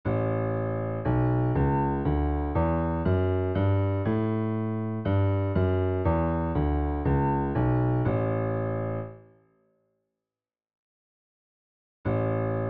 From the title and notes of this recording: A Mixolydian Scale - A B C D E F G A G F E D C B. La Si Do Re Mi Fa Sol La Sol Fa Mi Re Do Si La.